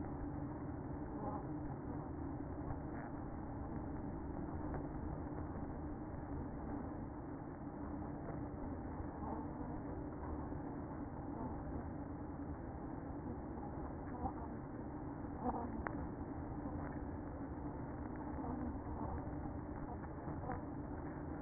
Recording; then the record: honeybee colony, microphone inside the hive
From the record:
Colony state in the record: queen present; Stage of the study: after two queens were removed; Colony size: about 60,000 bees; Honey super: yes